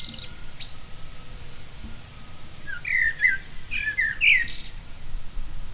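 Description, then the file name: Common blackbird calls: a few short, high chirping notes clustered in the middle over a steady low background hum. "Turdus merula"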